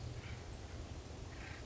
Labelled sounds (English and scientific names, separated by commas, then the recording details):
Acorn Woodpecker (Melanerpes formicivorus)
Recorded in Sonoma County, California